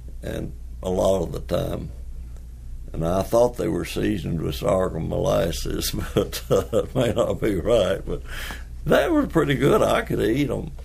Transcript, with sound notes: and a lot of the time. And I thought they were seasoned with sorghum molasses, but [Chuckling] …I may not be right, but they were pretty good, I could eat them.